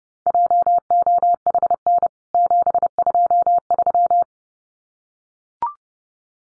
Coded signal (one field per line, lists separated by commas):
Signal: Morse code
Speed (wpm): 30 wpm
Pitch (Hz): 700 Hz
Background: none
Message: JOHN 723